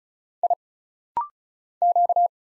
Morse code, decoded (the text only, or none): I Q